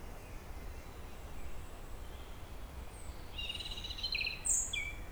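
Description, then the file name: European robin song: a quiet opening, then a burst of high, jingling trilled notes followed by a sharp downward whistle, over steady background hiss. "Erithacus rubecula"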